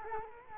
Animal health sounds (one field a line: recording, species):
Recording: mosquito wingbeat signal from an infrared sensor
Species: Culex quinquefasciatus